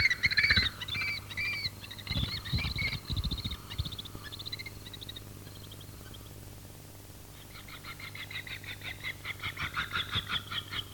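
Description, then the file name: Red-footed falcon calls: shrill, slurred notes at first, then a quieter rapid chatter building again toward the end over a faint low hum. "kobchik"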